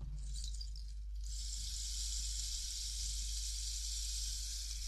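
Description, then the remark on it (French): A small rain stick being turned: after a brief rustle, a steady, bright, grainy hiss of tiny pellets trickles on without pause, with a low hum underneath and no talking. “Ah oui, j'ai un petit bâton de pluie.”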